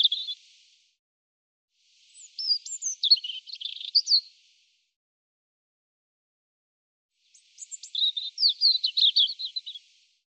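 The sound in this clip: European robin song: the tail of one phrase, a pause, high sliding whistles running into a jumbled warble, a long pause, then another phrase of thin upslurs and quick trilled notes; background otherwise silent.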